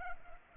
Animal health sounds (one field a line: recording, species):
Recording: mosquito wingbeat signal from an infrared sensor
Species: Culex pipiens